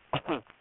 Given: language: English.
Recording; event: throat vibration sensor signal played as sound; cough